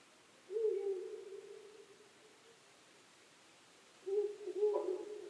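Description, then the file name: Owl calling with two low, steady hoot phrases separated by a short silent gap, against soft hiss. Recorded 23 May 2010 at 00:59. "fukurou 20100523 0059"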